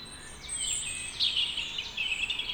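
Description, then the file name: European robin giving a continuous high, tinkling warble of thin whistles and fast trilled notes that rise and fall without a break. "Erithacus rubecula"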